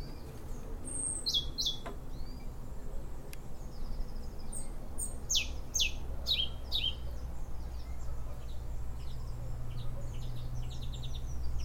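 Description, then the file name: European robin song: scattered high, sharp phrases and thin notes over a steady low rumble of background noise. "Erithacus rubecula"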